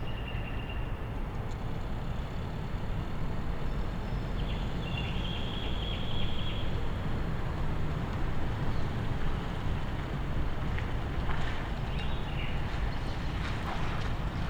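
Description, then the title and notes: Nightingale singing short phrases of repeated, rattling notes with a few clear whistles, over a steady low rumble of city traffic; some brief clattering sounds near the end. Night, among blocks of flats in Siemianowice Śląskie, Poland, Monday 20 May 2019; song echoing between buildings; recorded on a Zoom H5 with an Audio-Technica BP4025. "Jana Pawła II 20C, 41-106 Siemianowice Śląskie, Polska - Nightingale amidst blocks of flats. Poniedziałek, 20 maja 2019. Noc. Echo słowika wśród bloków. Monday, May 20th 2019. Nighttime. Nightingale echoing amidst blocks of flats. Field recordings of Siemianowice Śląskie - City Soundscape"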